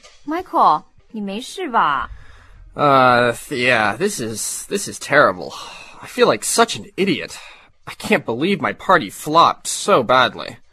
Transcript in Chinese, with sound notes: Michael，你没事吧？
[Groan] Ugh, this is... this is terrible. I feel like such an idiot. I can't believe my party flopped so badly!